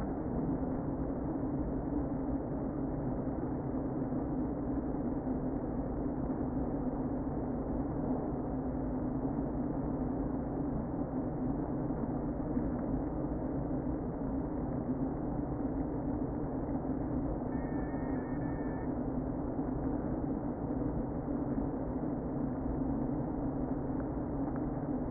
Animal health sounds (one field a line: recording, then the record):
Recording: honeybee colony, microphone inside the hive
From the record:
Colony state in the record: queen present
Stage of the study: before two queens were removed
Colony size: about 60,000 bees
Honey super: yes